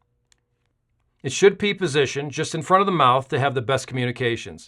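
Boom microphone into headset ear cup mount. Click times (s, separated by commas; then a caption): 0.3 s. A flexible boom microphone is pressed onto its mount on the right ear cup of an INVISIO RA4000 headset and clicks into position with a sharp click at 0.3 s. A second, fainter click follows at 0.7 s, and from about 1.2 s someone talks.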